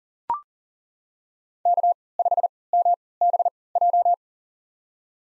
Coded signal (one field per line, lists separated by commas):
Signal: Morse code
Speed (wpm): 40 wpm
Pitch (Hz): 700 Hz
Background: none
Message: K5MBJ